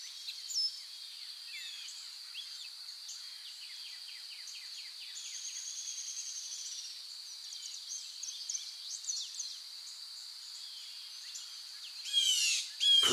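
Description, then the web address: Birds chirping: many faint, high twitters overlap in a continuous chorus, with short whistled slurs scattered throughout and a louder flurry of chirps near the end. Forest birds singing in the morning. "sound-effects-bible Forest Morning Birds"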